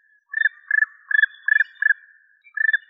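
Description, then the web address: Black woodpecker calling, a string of six short clustered bursts of rapid notes, each burst a quick trill; the first five come roughly every third of a second, and the last follows a longer pause. "Dryocopus martius"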